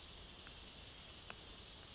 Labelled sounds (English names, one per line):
Western Flycatcher